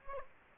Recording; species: mosquito wingbeat signal from an infrared sensor; Aedes aegypti